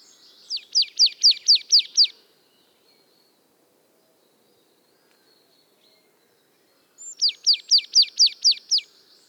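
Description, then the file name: Marsh Tit song: two rattling bursts of six to seven quick descending notes, several seconds apart, in otherwise quiet surroundings. "Poecile palustris"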